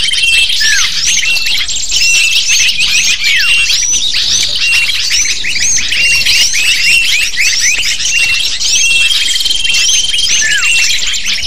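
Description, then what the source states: Lovebirds in a noisy flock, shrill chirps and short downward squeaks repeated densely, with brief flat whistled notes recurring. Lure call used to attract lovebirds (pikat burung).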